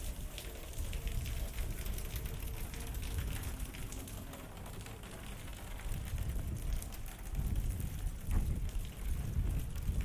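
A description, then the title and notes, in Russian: Steady rain hisses over a low, rumbling undertone that swells after six seconds, with scattered drops and crackles throughout. Саундскейп - погружение в атмосферу Горного Дагестана. Прогуляйся по высокогорному селу Гуниб. Раскаты грома, шум дождя, звуки бегущей воды.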